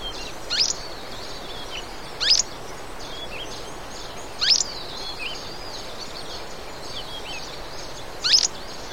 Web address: cantos cachupiconegro